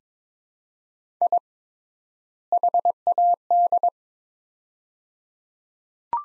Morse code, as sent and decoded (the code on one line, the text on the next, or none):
.. / .... .- -..
I HAD